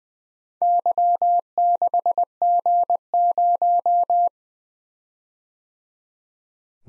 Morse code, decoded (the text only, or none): Y6G0